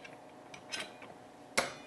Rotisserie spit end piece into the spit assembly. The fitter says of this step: snap right in center them up